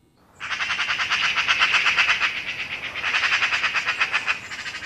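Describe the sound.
Magpie chattering, a long fast rattle of harsh scraping notes, starting after a brief quiet moment.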